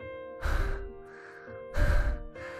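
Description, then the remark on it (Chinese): Two heavy, breathy gasps for air, each a loud rush of breath followed by a softer exhale, a young man panting hard after running all the way over from a construction site, with no speech. “池瑶听着他喘气， 你一路跑过来的？”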